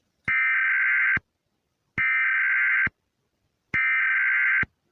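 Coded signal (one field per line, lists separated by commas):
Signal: Emergency Alert System (SAME) tones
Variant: header bursts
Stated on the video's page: Fictional scenario recreation of alerts, not a real broadcast.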